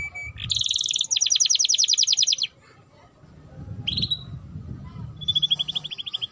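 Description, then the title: Domestic canary singing a fast, even, rattling trill for about two seconds, a short pause, a sharp whistled note, then another high rolling trill. Belgian canary breed; song played to warm up and stimulate canaries, including young birds, so they start singing quickly. "Canto Para Esquentar Canário Belga. Suara Pancingan Kenari Gacor || Ampuh Untuk Masteran Kenari Paud Agar Cepat Bunyi"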